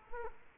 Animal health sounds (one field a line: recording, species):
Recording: mosquito wingbeat signal from an infrared sensor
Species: Culex quinquefasciatus